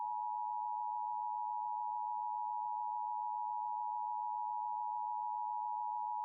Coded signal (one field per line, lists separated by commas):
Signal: Emergency Alert System (SAME) tones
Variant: 853 and 960 Hz attention tone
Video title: LIVE AM/MW DX: DX Central Live - S. 3, Ep. 26 | Friday, April 21, 2023